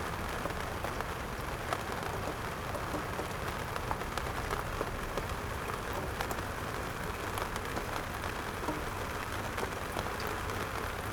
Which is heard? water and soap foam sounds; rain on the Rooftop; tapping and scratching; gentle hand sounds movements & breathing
rain on the Rooftop